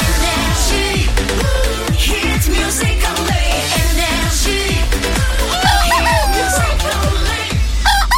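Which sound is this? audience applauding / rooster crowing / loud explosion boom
rooster crowing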